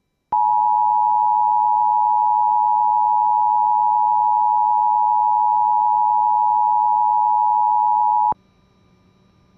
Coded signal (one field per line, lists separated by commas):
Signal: Emergency Alert System (SAME) tones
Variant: 853 and 960 Hz attention tone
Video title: MORE ALERTS EAS Alerts From 4/9/21 (EAS #458-464)